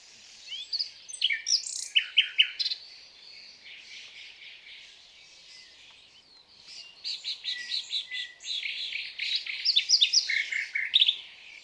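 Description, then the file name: Common nightingale song in two loud stretches of varied rapid notes and rattles, separated by several seconds of quieter warbling. "Luscinia megarhynchos"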